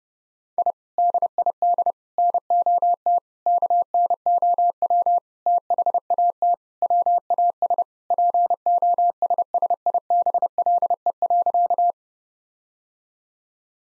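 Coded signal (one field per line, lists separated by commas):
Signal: Morse code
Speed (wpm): 32 wpm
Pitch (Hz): 700 Hz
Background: none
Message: I DID NOT KNOW THAT WAS POSSIBLE.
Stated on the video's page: Morse practice at 30 wpm: sentences with common five-word phrases, sent, spoken, then sent again for head-copy.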